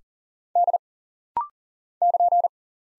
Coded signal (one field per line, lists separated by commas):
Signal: Morse code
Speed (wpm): 39 wpm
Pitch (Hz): 700 Hz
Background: none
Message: D <KN>